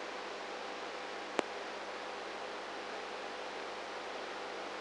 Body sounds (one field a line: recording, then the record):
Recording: brain microelectrode recording played as sound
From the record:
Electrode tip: inside the subthalamic nucleus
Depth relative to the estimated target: -3 mm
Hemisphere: right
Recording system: NeuroSet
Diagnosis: Parkinson's disease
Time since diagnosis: 19 years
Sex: female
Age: 58 years